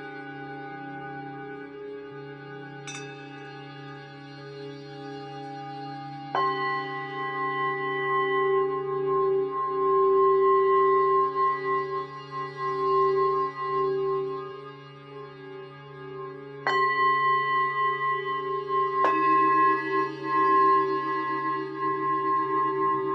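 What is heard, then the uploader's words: Tibetan singing bowls ring in long, overlapping tones over a steady low hum. New strikes enter around 3, 6, 17 and 19 seconds, each adding a bright ring that lingers and slowly wavers while the earlier tones keep sounding underneath. Tibetan Sound Bathing.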